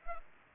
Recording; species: mosquito wingbeat signal from an infrared sensor; Culex pipiens